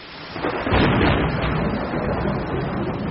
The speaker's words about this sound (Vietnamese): Một tiếng sấm gào lên ở chân trời phía đông như lời khẳng định của em Lý.